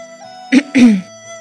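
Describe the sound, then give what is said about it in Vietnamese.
Two short, dry coughs in quick succession, the second slightly longer and rougher, standing out against a faint steady hum with no talking. “Ho khan một tiếng, Hiên Viên Kiệt hỏi Đoạn Hồng: Tỷ võ tiến triển thế nào rồi?”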